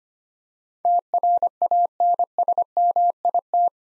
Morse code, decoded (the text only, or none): TRANSMIT